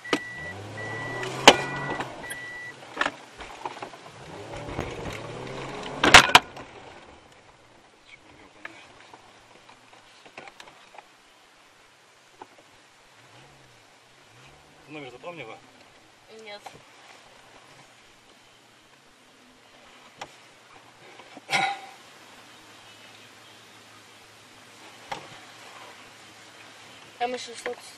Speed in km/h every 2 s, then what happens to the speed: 0, 4, 17, 17, 7, 0, 0, 0, 8, 8, 6, 5, 5, 6.
0-4 pulls away to 17. 6-9 brakes to 0. 9-14 standing. 14-28 steady at about 6.